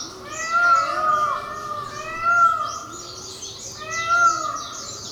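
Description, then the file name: Indian peafowl giving three drawn-out, rising-then-falling wails spaced nearly two seconds apart, with a continuous high buzzing chorus behind. Recorded on Miyakojima on 30 April 2016. "indokujaku miyakojima uemurashingo"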